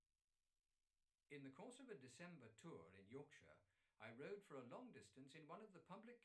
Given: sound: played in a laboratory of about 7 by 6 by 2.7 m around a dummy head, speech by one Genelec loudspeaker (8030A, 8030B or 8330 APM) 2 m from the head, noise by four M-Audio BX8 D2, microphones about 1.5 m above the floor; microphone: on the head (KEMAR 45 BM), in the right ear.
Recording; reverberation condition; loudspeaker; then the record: male speech in English; low; 150 degrees to the right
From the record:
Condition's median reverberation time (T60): about 310 ms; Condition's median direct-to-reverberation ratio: about 3.5 dB